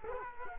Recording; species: mosquito wingbeat signal from an infrared sensor; Culex quinquefasciatus